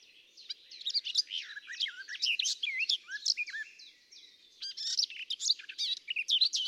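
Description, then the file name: Garden warbler song: a fast, rich warbling stream of varied notes and short slurred whistles, running almost continuously with a brief lull near the middle. "tuinfluiter"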